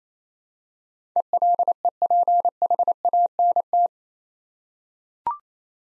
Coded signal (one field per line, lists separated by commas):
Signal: Morse code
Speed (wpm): 28 wpm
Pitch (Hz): 700 Hz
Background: none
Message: ELEPHANT